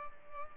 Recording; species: mosquito wingbeat signal from an infrared sensor; Culex pipiens